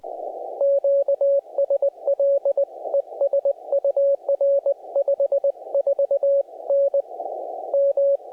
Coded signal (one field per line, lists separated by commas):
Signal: Morse code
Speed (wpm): 19 wpm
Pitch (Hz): 560 Hz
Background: none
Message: QSL ES UR 54N M